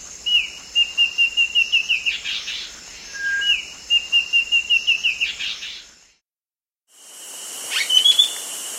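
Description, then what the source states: Warbling antbird song, two rapid runs of short whistled notes with a low whistle between them, then after a brief silence a few more notes. South America.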